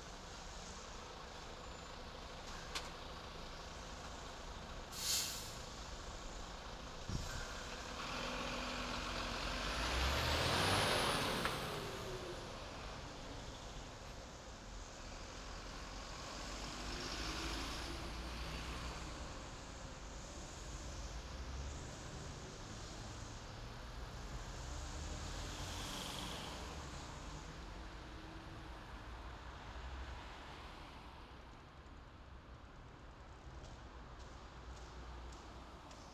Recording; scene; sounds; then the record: everyday scene through a hearing-aid microphone; in traffic; traffic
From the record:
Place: main city hub, rush hour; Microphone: in the ear canal, left